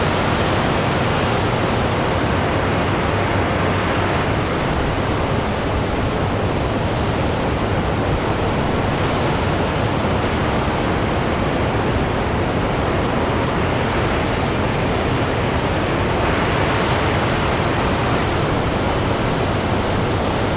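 Atlantic waves crash against an old rocky coastline in a dense, continuous roar that hardly lets up. The sound is full, rich in low rumble and hissing spray, with broad surges swelling around the middle and again near the end.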